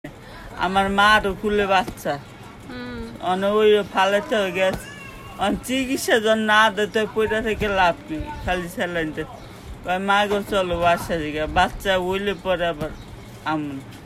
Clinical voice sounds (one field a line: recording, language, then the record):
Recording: elicited speech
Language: Bengali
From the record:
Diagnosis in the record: Broca's or global aphasia after a stroke